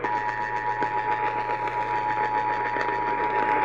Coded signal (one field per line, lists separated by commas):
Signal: Emergency Alert System (SAME) tones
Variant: 853 and 960 Hz attention tone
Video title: Eas Fwd svr on wbap 820am, KSKY 660am, KLIF 570am Eas#1720- 1722)